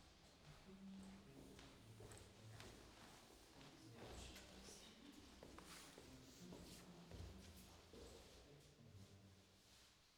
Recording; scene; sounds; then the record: everyday scene through a hearing-aid microphone; reverberant space; speech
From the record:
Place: staircase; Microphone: in the ear canal, left